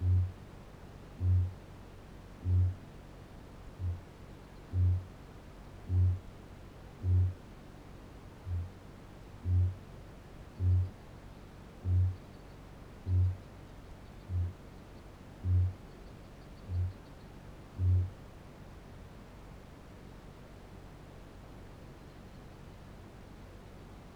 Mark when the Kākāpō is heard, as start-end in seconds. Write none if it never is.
0.00-18.20